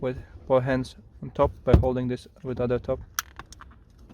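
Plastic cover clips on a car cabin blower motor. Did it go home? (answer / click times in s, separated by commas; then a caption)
yes / 3.4 s, 3.5 s, 3.6 s. Someone talks while pressing a plastic cover with clips onto the blower motor of a Nissan Note cabin air blower, after lining up its pins. Three small sharp snaps are heard at 3.4, 3.5 and 3.6 s as the clips snap home, and the cover is seated.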